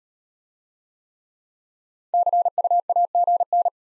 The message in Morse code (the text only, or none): CUAGN